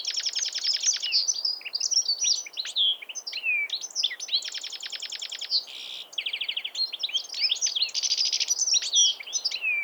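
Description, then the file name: European goldfinch in sustained twittering song: chattering trills, bright slurred whistles and brief buzzes strung together continuously, with only a short dip in the middle. "Carduelis carduelis"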